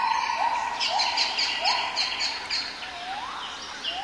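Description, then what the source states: Gibbon song, a series of short rising whooping notes with higher chattering calls above. In a forest.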